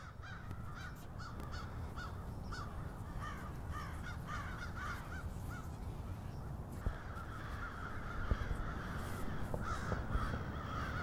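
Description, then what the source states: Crows give quick, harsh caws in rapid runs, many birds overlapping, with a few sharp clicks and a low rumble beneath. Several crows.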